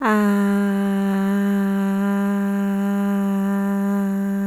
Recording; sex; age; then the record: sustained vowel /a/; female; 30 to 39 years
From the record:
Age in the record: 30 years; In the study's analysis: included